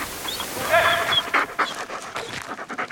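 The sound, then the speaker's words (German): Dogs pant in quick, breathy bursts, a steady rhythmic huffing, while thin high-pitched whimpers rise and fade early on. “Papa, was sagen die Hunde?”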